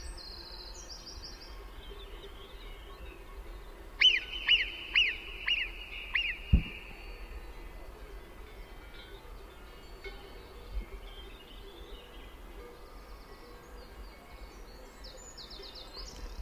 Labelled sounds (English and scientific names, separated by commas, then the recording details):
Alpine Marmot (Marmota marmota) alarm call
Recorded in the wild
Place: Brand, Alpen, Vorarlberg, AT
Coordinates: 47.0872, 9.70472
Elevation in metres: 1508
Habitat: alp
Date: 2010-07-20
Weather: fair, 20°C, weak winds
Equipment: Sound Devices 702, Sennheiser MKH 70, Rycote Windschutz
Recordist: Frommolt, Karl-Heinz